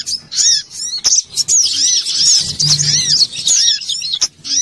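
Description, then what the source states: Little spiderhunter song as a fast, shrill, tumbling twitter of high notes mixed with lower arched chips, with a brief low hum in the middle. Bird-training (masteran) song.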